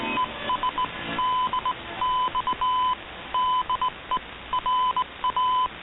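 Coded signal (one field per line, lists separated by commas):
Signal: Morse code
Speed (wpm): 19 wpm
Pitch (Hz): 1010 Hz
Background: none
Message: ES DX DE RA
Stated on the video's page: Shortwave broadcast from Radio Havana Cuba on 15140 kHz, received with an Icom IC-R8600 in Toronto, noisy and fading at times.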